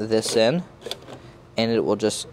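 A 2.5 inch SSD in its hot-swap caddy, with the latch popped open, is slid into a drive bay of a Dell PowerEdge R710 server while someone talks. A brief, faint sound comes at 0.9 s between the talking. The clip ends before the caddy goes home, so nothing has seated or clicked yet.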